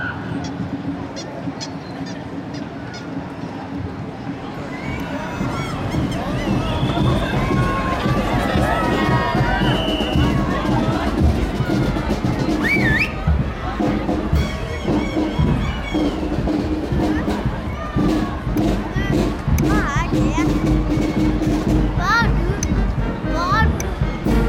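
A cheering children's parade: a dense, steady babble of young voices with shouts and shrill squeals popping up throughout, over a low, constant rumble.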